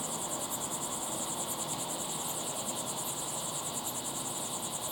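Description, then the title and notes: Cricket chorus with a high pulsing trill, layered over steady lower insect tones and faint hiss. Crickets chirping at sunset in the Timanfaya pyroclastic desert, Lanzarote; recorded in the field with ambisonic equipment, converted to binaural audio. "listen to the crickets at sunset in the incredible Timanfaya pyroclastic desert on the island of Lanzarote"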